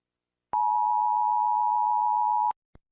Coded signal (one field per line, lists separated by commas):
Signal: Emergency Alert System (SAME) tones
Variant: 853 and 960 Hz attention tone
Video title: USA EAS Alarm